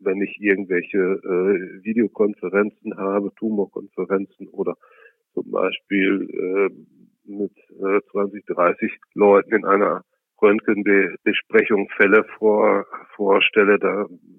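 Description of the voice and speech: An adult man speaks German in short bursts broken by frequent pauses. A drawn-out 'b' sound sticks before a word, one syllable is repeated ('vor… vorstelle'), and there are prolonged 'äh' fillers. These blocks, repetitions and prolongations are the disfluencies of stuttering.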